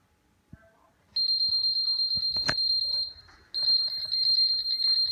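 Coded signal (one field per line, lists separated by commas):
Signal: alarm pattern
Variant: 3DR Solo quadcopter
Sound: high-pitched rapidly warbling beep, about two seconds on, brief pause, then on again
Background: knocks and handling noise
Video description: After first flight and connection to mission planner, the Solo will not stop beeping.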